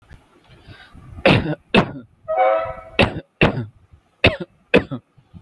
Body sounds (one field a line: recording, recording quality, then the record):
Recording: shallow voluntary cough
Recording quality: moderate, slight background noise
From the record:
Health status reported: healthy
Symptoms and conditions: none ticked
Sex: male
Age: 22 years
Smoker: not ticked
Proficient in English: yes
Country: India